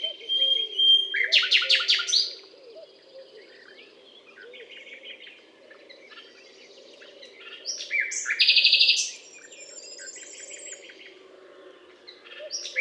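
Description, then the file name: Common nightingale gives rapid rattling bursts of notes separated by long stretches of quieter soft phrases, with faint low notes in the background. Recorded at the Butte calcaire de Gratacap, France, on 19 May 2012. "rossignol philomele Butte calcaire de Gratacap"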